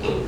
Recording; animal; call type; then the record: contact call of a hoofed animal; pig; closed-mouth grunt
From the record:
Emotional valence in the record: positive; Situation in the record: food and toys in familiar pen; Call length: 0.28 s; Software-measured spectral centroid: 1780 Hz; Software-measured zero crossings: 1330 a second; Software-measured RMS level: -24 dBFS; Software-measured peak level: -10 dBFS